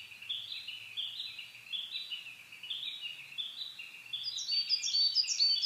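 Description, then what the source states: Coal tit phrases of quick, high chirping notes, softer early on and becoming louder and sharper toward the end. Recorded in Japan on 22 May 2010 at 17:41.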